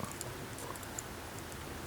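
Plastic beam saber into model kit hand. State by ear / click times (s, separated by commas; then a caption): seated / 1.0 s. A pink plastic beam saber hilt is pressed into the hand of a plastic Gundam HG Exia Trans-Am Mode model kit, with faint ticking handling sounds over a low background. A small sharp click at 1.0 s marks the hilt seating in the hand, and it is confirmed attached.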